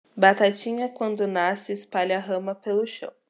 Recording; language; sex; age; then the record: short text; Brazilian Portuguese; female; 20 to 29 years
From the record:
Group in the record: control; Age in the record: 21 years